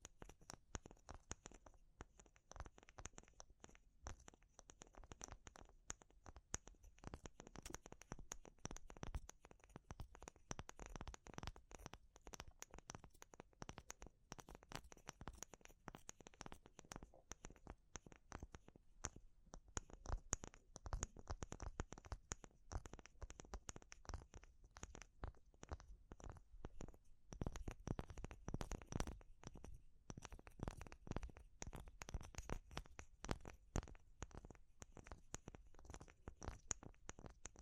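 Wood, bamboo and straw crackle and tick in dense, irregular bursts throughout, with a thin steady hiss high above and heavier clusters midway.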